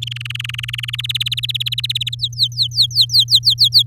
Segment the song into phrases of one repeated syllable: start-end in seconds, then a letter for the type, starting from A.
0.02-0.96 A, 0.98-2.15 B, 2.19-3.83 C